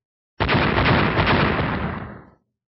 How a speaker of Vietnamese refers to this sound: Tiếng nổ vang ngập trời liên tục không dứt, như muốn chấn vỡ mảnh trời đất này.